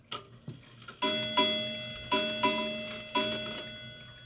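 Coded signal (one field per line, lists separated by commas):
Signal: ship's bell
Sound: six clear bell strikes in three quick pairs, ringing on, after faint clock ticks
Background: clock ticking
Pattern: 3 pairs (6 bells)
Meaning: Six bells marks the third hour of a four-hour watch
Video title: CHELSEA 3/4 SHIPS BELL BANJO CLOCK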